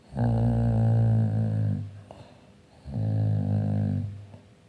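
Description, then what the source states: Dog growling in two long, low, rumbling bursts, each about one and a half seconds, separated by a brief quiet gap. Described as angry, playing.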